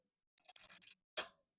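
A torque wrench set to 25 ft-lb tightens a cylinder head bolt on a GX390 small engine, with a run of rapid ratcheting ticks from about 0.4 to 0.9 s. A single sharp, loud click follows at 1.2 s and decays quickly, confirming the wrench has clicked again at its setting.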